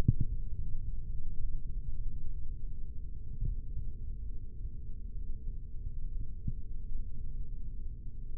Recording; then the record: forearm muscle sounds (acoustic myography)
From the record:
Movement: rest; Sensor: system 3, bracelet of six PUI Audio POM-2738L microphones around the upper forearm, with dedicated amplification and filtering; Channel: 6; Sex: male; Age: 26 years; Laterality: right